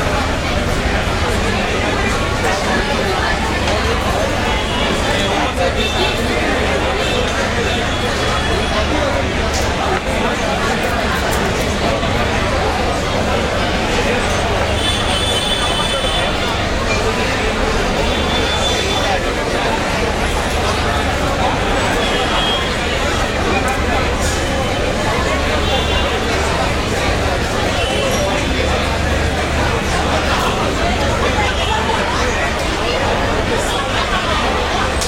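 Many conversations overlap in a busy bar, merging into a steady, dense wash of voices with bursts of youthful laughter. The crowd sounds constant for the whole stretch, with a low hum underneath and occasional brighter clinks cutting through.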